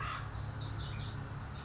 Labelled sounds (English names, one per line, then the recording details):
Acorn Woodpecker
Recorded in Sonoma County, California